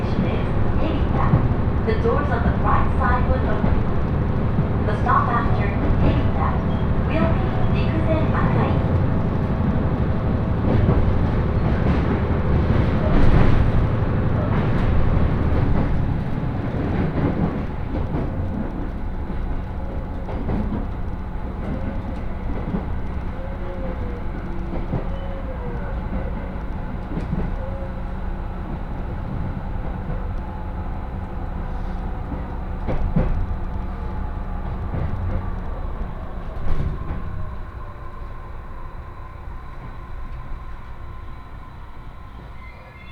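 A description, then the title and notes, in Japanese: Recorded aboard a hybrid diesel railcar on a rapid service, a heavy, dense rumble fills the first seventeen seconds. It then drops to a quieter run with a steady motor whine, a wavering tone and scattered rail clicks, easing down toward the end. 仙石東北ライン快速 石巻→高城町。帰りは仙石東北ラインの快速に乗ります。ハイブリッド気動車HB-E210系。４両編成。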